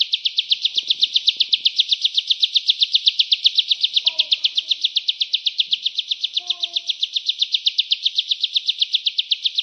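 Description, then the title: Hill Prinia song: a steady, rapid series of high, buzzy chirps, about four per second without a break, with a few faint lower bird notes around four and six seconds. "Suara ciblek gunung"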